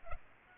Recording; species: mosquito wingbeat signal from an infrared sensor; Aedes aegypti